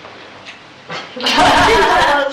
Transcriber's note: laughter from the person is 'looking'